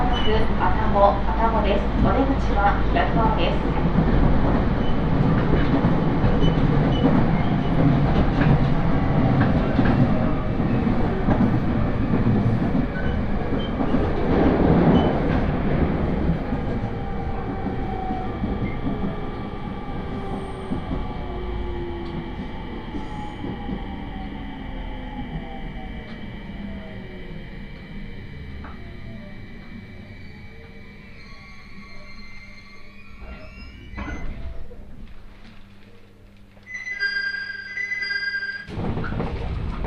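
A ride aboard a 701-series train on the Tohoku Main Line out of Sendai. A heavy, steady low rumble of wheels and motor fills the first half, with a surge near fifteen seconds, then eases into a gliding tone as the train slows. Near the end, a brief chime sounds and a thud follows.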